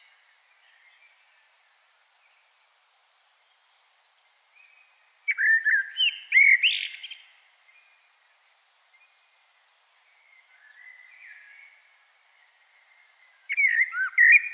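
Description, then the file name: Common blackbird song phrases with mellow whistles and high twitters, between quieter stretches where a faint, high, repeated ticking series from another bird is heard. "Turdus merula"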